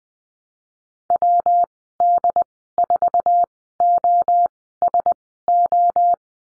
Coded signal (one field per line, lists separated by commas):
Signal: Morse code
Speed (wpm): 20 wpm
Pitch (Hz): 700 Hz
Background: none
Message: WD4OSO